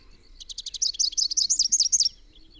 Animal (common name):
Rufous-capped Warbler